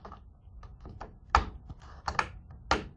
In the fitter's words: that's a little click okay but that's it